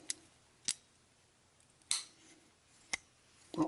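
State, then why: Not seated. Short, sharp plastic ticks ring out at about 0.1, 0.7, 1.9 and 2.9 seconds, with a duller knock near 3.6 s, as a plastic suspension part is pressed onto its mount on the chassis of a TLR 8ight-E 3.0 RC buggy during the build. The part has not snapped in or seated yet.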